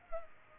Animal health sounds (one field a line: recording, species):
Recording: mosquito wingbeat signal from an infrared sensor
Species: Culex pipiens